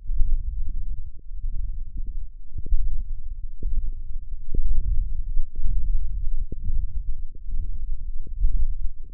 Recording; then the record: forearm muscle sounds (acoustic myography)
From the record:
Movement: wrist flexion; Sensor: system 1, eight BSWA MPA416 microphones around the upper forearm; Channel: 8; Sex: male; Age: 21 years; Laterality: right